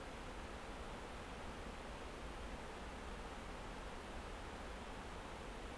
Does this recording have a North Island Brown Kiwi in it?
no